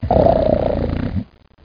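A single harsh, rumbling breath lasting about a second, low and rough with a steady droning tone, then quiet: one loud snore from an adult in deep sleep.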